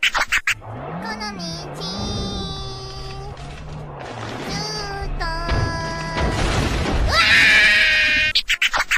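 A car crash in a video game: a low engine drone under wavering tones, then loud crunching, scraping impacts as the car flips over, followed by a sustained, piercing high-pitched scream from the girl driving it.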